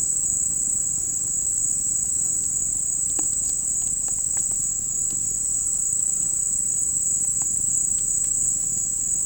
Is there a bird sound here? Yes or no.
no